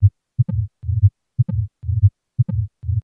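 Moderate tricuspid stenosis murmur in a simulated adult heart heard by stethoscope: regular beats at about 60 per minute, each with a low-pitched rumbling diastolic murmur between the heart sounds, all energy below 200 Hz.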